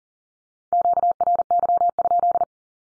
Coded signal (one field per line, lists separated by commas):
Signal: Morse code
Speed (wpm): 40 wpm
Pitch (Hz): 700 Hz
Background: none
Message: QRY?